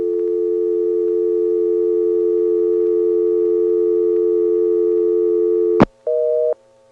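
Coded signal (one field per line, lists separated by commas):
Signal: telephone call progress tone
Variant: North America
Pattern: dial tone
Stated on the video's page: Call progress tone heard through a motel PBX, NX1 exchange in Siler City NC, 1977.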